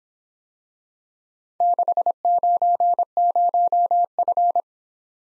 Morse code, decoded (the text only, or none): 690F